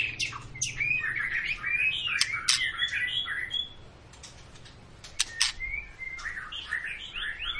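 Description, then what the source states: White-rumped shama song, a dense rapid jumble of whistles, chatter and clicks, pausing briefly before resuming with warbled phrases. Long lure recording of a singing white-rumped shama, used to prompt other birds to sing; described as gacor, meaning sings constantly.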